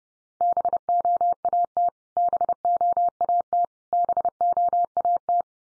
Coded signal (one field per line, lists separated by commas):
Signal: Morse code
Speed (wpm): 30 wpm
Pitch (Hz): 700 Hz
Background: none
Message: BOAT BOAT BOAT